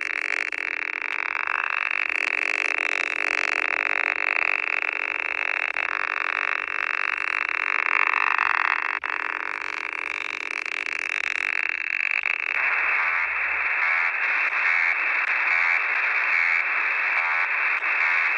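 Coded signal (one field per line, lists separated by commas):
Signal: unidentified radio signal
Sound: steady wide rushing hiss with short high tone bursts repeating about every second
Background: radio static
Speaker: you can see in my video here some of the frequencies I start my video with the actual catch on my xh data d808 and then for a change I'm showing some catches on the web SDR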